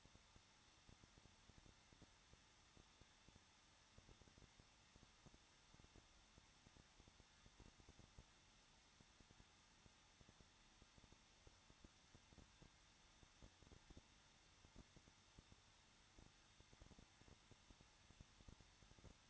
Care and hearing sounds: daily activity, microphone in the room; no activity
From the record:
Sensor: 3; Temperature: 21.2 degrees Celsius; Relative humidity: 36.4%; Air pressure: 1006.3 hPa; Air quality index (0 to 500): 223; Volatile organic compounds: 44 ppm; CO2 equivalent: 3206 ppm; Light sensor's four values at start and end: 2/3/2/2 and 2/3/2/2

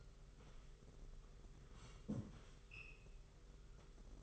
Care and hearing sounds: daily activity, microphone in the room; sit down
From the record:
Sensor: 4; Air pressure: 991.3 hPa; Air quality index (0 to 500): 139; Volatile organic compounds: 58 ppm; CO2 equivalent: 3398 ppm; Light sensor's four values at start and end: 23/76/28/29 and 23/77/28/29

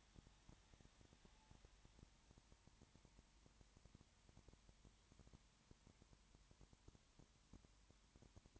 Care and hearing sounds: daily activity, microphone in the room; no activity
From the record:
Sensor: 3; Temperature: 21.1 degrees Celsius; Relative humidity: 37.0%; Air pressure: 1010.6 hPa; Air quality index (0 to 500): 204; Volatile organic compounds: 31 ppm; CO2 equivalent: 2976 ppm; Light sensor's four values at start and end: 2/3/2/2 and 2/3/2/2

